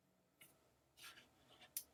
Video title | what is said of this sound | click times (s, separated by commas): How to Install / Upgrade Ram into IMac (10 easy steps) 2011/2012 IMac | until you hear both sides click lightly | 1.8 s